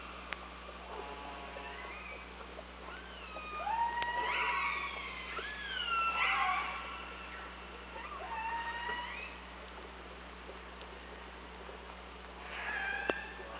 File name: Orques Orcalab 2015 07 16 14 h voie 5